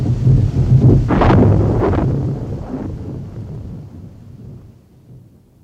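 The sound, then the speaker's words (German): A loud, deep rumble of thunder rolls through a stormy wash of wind and rain, swelling with a couple of sharp cracks early on before slowly fading away. No one speaks. “Während in den zuckenden Blitzen das Haus Arnmeyers jenseits des Wassers aufleuchtete.”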